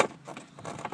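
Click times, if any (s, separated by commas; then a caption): none. A plastic interior trim cover plate is being fitted back onto a center arm rest, with its tongue-and-groove section going in at the bottom before the snap clips at the top are pressed home. Only soft handling rustles and light plastic taps are heard, with a sharp tap at the very start and brief knocks near 0.9 s and 1.0 s. The clip ends before the plate goes home, and nothing has seated or clicked yet.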